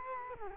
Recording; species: mosquito wingbeat signal from an infrared sensor; Culex quinquefasciatus